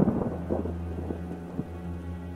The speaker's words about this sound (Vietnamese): Ngoài tiếng mưa ngoài kia mỗi lúc một xối xả và tiếng sấm nổ đì đùng thì không còn một tiếng động nào khác.